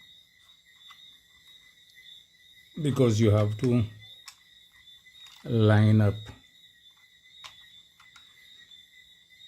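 A screwed-down internal component, possibly the CPU fan or heatsink, is lined up over its screw holes inside an HP ProDesk 600 G5 Mini Desktop PC before being pushed down. Someone talks in two short bursts over a steady high-pitched background whine, with a small brief sound near 4.3 s. Nothing has been pushed down or clicked into place yet.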